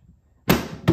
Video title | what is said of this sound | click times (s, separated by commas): Adding Emergency Stop Switch to the OMTech Polar | just let it click in place | 0.5 s, 0.9 s